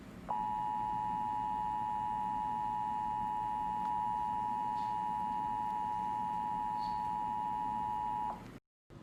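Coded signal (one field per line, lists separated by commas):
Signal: Emergency Alert System (SAME) tones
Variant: 853 and 960 Hz attention tone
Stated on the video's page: Fictional EAS scenario.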